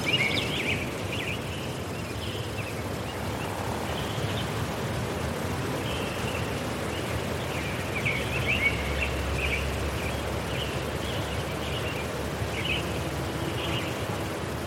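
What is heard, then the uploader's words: Evening at forest ponds in the Rocky Mountains: a steady low rumble and murmur fills the whole 15 seconds at an even level. Above it, short bright chirps and calls, likely birds or insects, repeat every second or so throughout. Summer Evening Forest Ponds. Nestled in the Pike National Forest tucked away in the Rocky Mountains, a series of ponds are full of the evening bustle.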